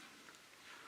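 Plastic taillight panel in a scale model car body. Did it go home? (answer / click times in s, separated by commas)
no / none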